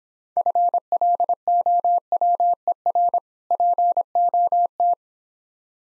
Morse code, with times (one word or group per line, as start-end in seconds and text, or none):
0.4-3.2 FLOWER
3.5-4.9 POT